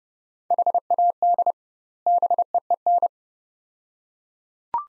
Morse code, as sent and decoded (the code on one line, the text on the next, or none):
.... .- -.. / -... . . -.
HAD BEEN